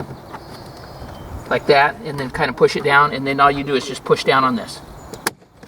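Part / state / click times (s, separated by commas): door trim piece into front door under lip / seated / 5.3 s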